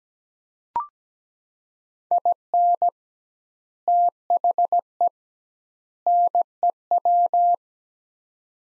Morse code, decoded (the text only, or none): IN THE NEW